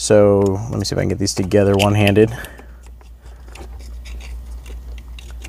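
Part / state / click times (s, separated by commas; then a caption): aftermarket harness plug into factory car wiring plug / not seated / none. Someone talks while trying, one-handed, to bring the female plug of an aftermarket RSNAV-style Android head-unit harness together with the male factory wiring plug, which has a red locking tab, in a C7 Audi. After the talking, only faint handling and alignment taps and scrapes are heard as the connector halves are lined up. Nothing has seated or clicked yet.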